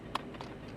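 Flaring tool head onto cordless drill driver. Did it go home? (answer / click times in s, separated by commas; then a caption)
yes / 0.2 s, 0.4 s. A Navac powered flaring tool head for ductless mini split flares is slid into the grooves on a cordless drill driver and twisted counterclockwise until it locks. Sharp clicks are heard at 0.2 s and 0.4 s, the first louder, over a low steady background. The head is seated on the drill and won't come off.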